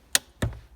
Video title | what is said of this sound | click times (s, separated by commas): [Kia Sorento] Calibrating the handbrake / e-brake | two clicks getting very tight now | 0.2 s